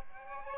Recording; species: mosquito wingbeat signal from an infrared sensor; Aedes aegypti